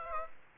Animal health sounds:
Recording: mosquito wingbeat signal from an infrared sensor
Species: Aedes aegypti

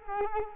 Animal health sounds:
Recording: mosquito wingbeat signal from an infrared sensor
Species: Culex quinquefasciatus

